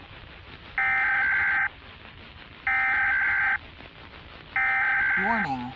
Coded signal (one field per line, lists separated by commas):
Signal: Emergency Alert System (SAME) tones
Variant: header bursts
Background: speech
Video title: Zombie Virus Outbreak | EAS Scenario – Analog Horror